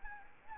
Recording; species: mosquito wingbeat signal from an infrared sensor; Anopheles arabiensis